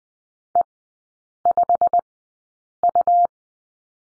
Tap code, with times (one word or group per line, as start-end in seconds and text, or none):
none